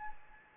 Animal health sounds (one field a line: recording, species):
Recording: mosquito wingbeat signal from an infrared sensor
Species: Anopheles arabiensis